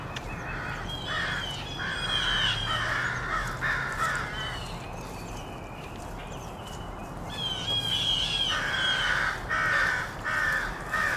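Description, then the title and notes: Crows cawing in quick overlapping runs, raspy calls crowding together, with a low rumble underneath. Rowdy crows loudly cawing in treetops of an urban park just after sunrise, with morning traffic; made while out with a camera. "Field Recording: The Wild and Raucous Sounds of Crows Cawing in the Treetops. keith dotson. the fine art photographer podcast. a field recording of rowdy crows loudly cawing in the treetops amidst the sounds of other birds -- and since this was recorded in an urban park -- also you may hear the sounds of morning traffic"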